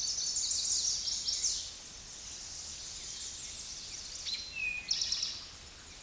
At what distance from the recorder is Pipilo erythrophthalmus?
about 10 m